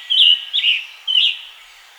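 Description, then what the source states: Scarlet tanager song fragment: three short, burry, slurred notes over two seconds, the last trailing off into quiet background. Scarlet tanager singing in its environment, Pennsylvania.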